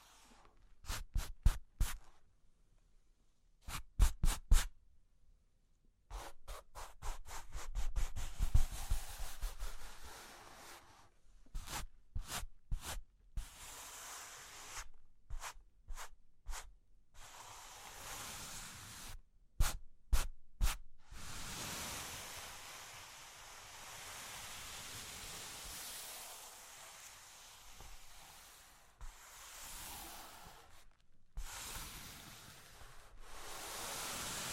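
Cork and wood tapped in quick bursts of sharp clicks during the first twenty seconds, then rubbed and scratched in long, steady, hissing strokes.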